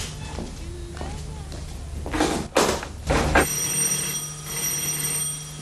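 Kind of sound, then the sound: signal or alarm, telephone ringing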